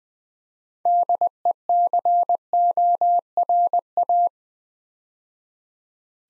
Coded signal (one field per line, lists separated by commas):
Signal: Morse code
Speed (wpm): 20 wpm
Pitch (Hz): 700 Hz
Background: none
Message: DECORA